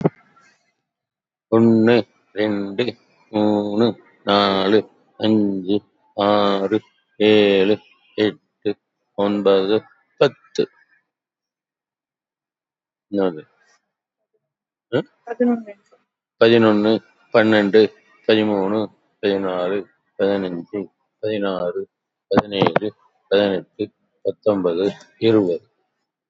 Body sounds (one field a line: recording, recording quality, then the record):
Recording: counting at a normal pace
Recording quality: excellent, no background noise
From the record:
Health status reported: COVID-19 positive, mild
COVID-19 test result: positive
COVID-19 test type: RT-PCR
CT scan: taken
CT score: 5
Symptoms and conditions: cough, cold, muscle pain, ischaemic heart disease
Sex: male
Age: 76 years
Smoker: no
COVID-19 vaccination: both doses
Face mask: not worn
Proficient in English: yes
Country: India